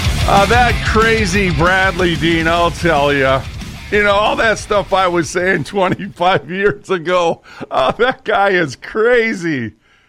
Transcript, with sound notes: Uh, that crazy Bradley Dean, I'll tell ya. You know, all that stuff I was saying (laughs) 25 years ago, uh, that guy is crazy.